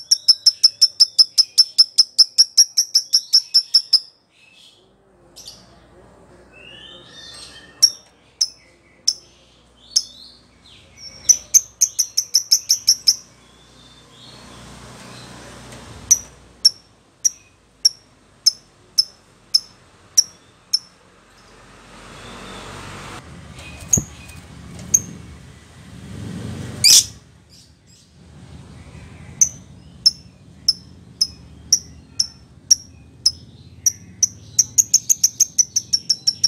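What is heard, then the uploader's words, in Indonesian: Lovebird calls ring out in rapid, bright chirping bursts and sharp single peeps, with a soft hiss and low rumble between them. Pancingan Lovebird Agar Nyaut GACOR.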